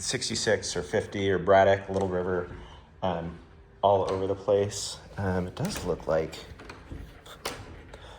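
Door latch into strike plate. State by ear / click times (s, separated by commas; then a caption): not seated / none. Someone talks while working a door's latch or lock against its strike plate, and short sharp knocks follow at about 6.7, 7.5 and 7.9 seconds. The door latch fails to catch: nothing has latched or locked.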